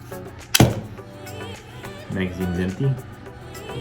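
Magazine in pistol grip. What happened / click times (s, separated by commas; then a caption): A metal latch released a magazine / 0.5 s. A magazine release button is pressed on a compact PX4 Storm pistol, and the metal magazine drops out of the polymer grip with a sharp click at 0.6 s. Someone talks over background music. The magazine is released and drops free.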